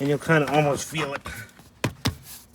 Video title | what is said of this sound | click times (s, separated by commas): Cadillac Fleetwood Brougham Power Seat Recliner Repair EZ DIY Fix FREE Step by Step! | just click right in there. | 1.8 s, 2.1 s